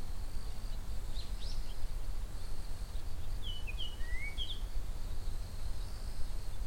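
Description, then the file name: Japanese grosbeak giving clear whistled notes, some rising and some falling, in two short bursts, over a steady high insect drone and low rumbling background noise. "ikaru"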